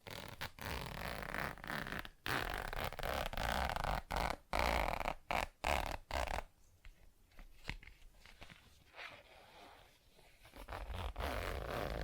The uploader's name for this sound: ASMR Tapping, Scratching & Zipper Sounds